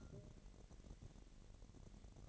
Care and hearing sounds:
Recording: daily activity, microphone in the room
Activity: take from stove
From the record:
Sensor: 4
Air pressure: 1012.8 hPa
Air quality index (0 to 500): 239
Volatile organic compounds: 4 ppm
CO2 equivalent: 1589 ppm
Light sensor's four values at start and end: 26/61/25/25 and 25/60/24/24

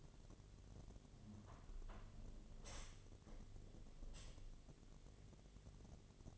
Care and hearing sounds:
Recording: daily activity, microphone in the room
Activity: close window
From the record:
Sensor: 4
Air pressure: 1007.4 hPa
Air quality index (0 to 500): 200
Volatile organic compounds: 7 ppm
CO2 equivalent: 1990 ppm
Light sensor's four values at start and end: 23/73/28/27 and 23/73/28/27

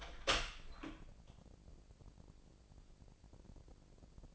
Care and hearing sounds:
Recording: daily activity, microphone in the room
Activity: open door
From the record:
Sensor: 5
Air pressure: 1012.4 hPa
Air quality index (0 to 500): 161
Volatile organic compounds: 2 ppm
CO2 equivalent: 1095 ppm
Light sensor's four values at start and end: 200/485/203/222 and 204/497/208/228

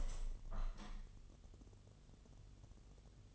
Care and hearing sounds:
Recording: daily activity, microphone in the room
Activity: open window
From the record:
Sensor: 4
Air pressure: 1015.7 hPa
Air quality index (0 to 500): 116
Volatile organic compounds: 2 ppm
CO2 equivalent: 1300 ppm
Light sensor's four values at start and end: 9/20/8/7 and 9/20/8/8

